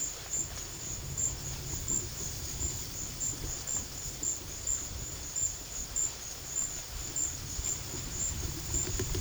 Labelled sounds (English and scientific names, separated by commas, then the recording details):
none
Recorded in pastures near Puerto Asís, Putumayo, Colombia, on 8 March 2025 at 15:30
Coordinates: 0.487, -76.322
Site G077